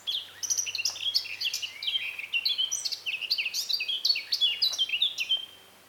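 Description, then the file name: Eurasian blackcap song, a fast, varied warble of bright, scratchy and whistled notes running almost without pause for about five seconds, with faint background hiss. "Sylvia atricapilla"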